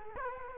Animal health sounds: mosquito wingbeat signal from an infrared sensor; Culex quinquefasciatus

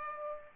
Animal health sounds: mosquito wingbeat signal from an infrared sensor; Aedes aegypti

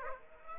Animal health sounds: mosquito wingbeat signal from an infrared sensor; Aedes aegypti

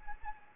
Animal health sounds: mosquito wingbeat signal from an infrared sensor; Anopheles arabiensis

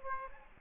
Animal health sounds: mosquito wingbeat signal from an infrared sensor; Aedes aegypti

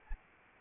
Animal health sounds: mosquito wingbeat signal from an infrared sensor; Anopheles arabiensis

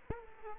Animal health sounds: mosquito wingbeat signal from an infrared sensor; Aedes aegypti

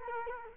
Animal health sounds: mosquito wingbeat signal from an infrared sensor; Culex quinquefasciatus

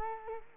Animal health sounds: mosquito wingbeat signal from an infrared sensor; Culex quinquefasciatus

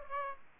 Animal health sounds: mosquito wingbeat signal from an infrared sensor; Aedes aegypti

